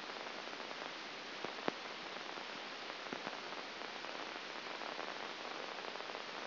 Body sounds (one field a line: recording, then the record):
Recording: brain microelectrode recording played as sound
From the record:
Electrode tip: outside the subthalamic nucleus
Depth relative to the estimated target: -5 mm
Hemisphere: left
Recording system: AlphaMap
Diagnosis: Parkinson's disease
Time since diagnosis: 9 years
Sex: male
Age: 68 years